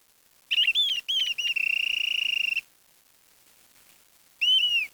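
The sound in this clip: Bird call: clear whistled slurred notes, then a rapid pulsing trill lasting about a second, a pause, and a final downslurred whistle.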